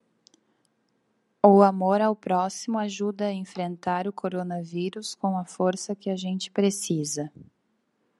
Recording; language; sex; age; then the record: spoken sentence; Brazilian Portuguese; female; 20 to 29 years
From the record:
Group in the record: control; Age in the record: 24 years